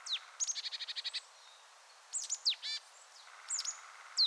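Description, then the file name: Marsh tit gives a rapid string of buzzy nasal notes, then short sharp high chips and downward-sweeping calls, in scattered bursts. "Poecile palustris"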